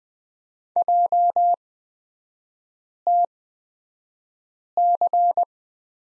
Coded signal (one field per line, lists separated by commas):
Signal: Morse code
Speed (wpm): 20 wpm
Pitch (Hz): 700 Hz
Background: none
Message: JTC